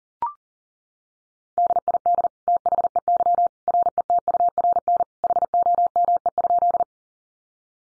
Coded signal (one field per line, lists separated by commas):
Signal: Morse code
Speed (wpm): 40 wpm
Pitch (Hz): 700 Hz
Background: none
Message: DID THEY RETURN HOME?